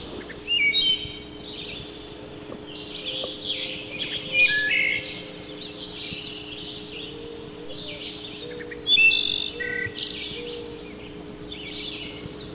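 Wood thrush song: a series of flutey, liquid phrases, some ending in high buzzy trills, over a steady low hum.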